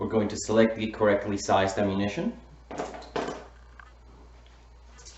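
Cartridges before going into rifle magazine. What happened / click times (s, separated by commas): Small metal pieces handled, nothing seated / none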